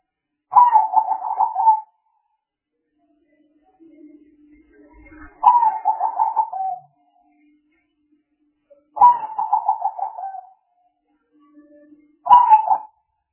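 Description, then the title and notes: Spotted dove cooing: four pulsed, throaty coo phrases, mostly over a second long, spaced roughly every three to five seconds, with a faint low hum between them. Compilation of spotted dove calls intended as lure sounds for trapping. "Pikat Burung Tekukur. Kumpulan suara burung tekukur"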